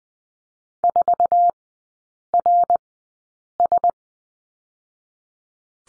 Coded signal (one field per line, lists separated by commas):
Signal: Morse code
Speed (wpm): 20 wpm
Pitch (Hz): 700 Hz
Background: none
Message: 4RS